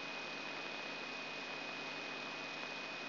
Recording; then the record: brain microelectrode recording played as sound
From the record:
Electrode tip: inside the subthalamic nucleus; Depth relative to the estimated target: 1 mm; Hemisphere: left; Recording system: AlphaMap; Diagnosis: Parkinson's disease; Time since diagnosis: 6 years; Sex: female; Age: 40 years